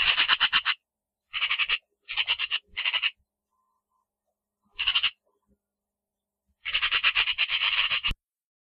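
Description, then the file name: Eurasian magpie chattering in a string of harsh, rasping rattles, several short bursts followed by a longer, continuous rattle near the end. "Sonido de la Urraca"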